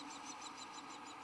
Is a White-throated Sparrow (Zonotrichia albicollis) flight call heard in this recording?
no